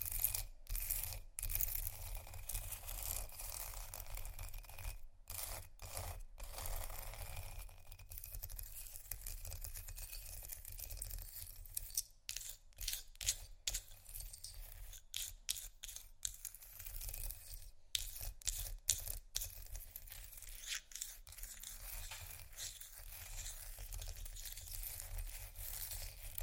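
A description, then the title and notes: Ice is scratched in a dense, gritty rasp that runs almost without pause, with brief sharp taps and short breaks scattered throughout, clustering around the middle and near the end. The sound is bright, over a steady low rumble underneath. Ice Scratch & Tap. No Talking.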